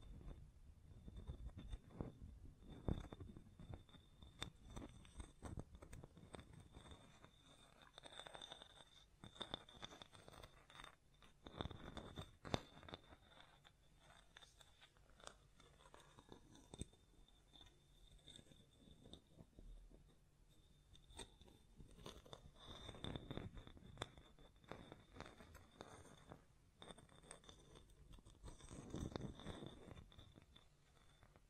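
Tapping, scratching and hands brushing over a microphone fill the recording with dense, irregular rustles and taps. Soft low thumps swell in waves around 2, 8, 12, 23 and 29 seconds. A thin, steady high whine runs through it all.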